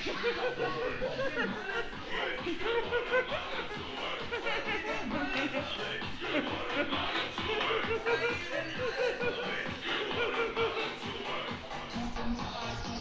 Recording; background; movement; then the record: laughter; music; walking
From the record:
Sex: female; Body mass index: 36.4 kg/m2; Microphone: on the chest, facing the body